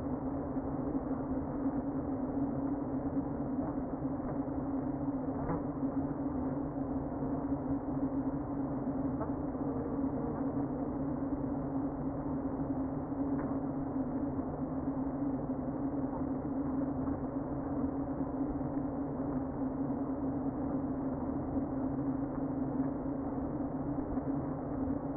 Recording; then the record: honeybee colony, microphone inside the hive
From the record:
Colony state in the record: queen present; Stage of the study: before two queens were removed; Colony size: about 60,000 bees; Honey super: yes